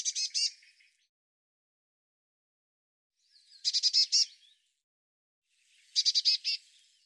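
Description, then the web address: Bird chattering in short bursts of fast, high-pitched notes, three bursts spread throughout with silence between. "cianscape birddata Deverinetal 2025 File cleaned normalized Bird Cy Ca"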